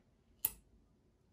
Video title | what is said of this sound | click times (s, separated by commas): Singer 201-2 and How to Shop, What to Bring, and Safety Considerations When Buying Vintage Machines | Did you hear that? That's how you know that you're seated properly. | 0.5 s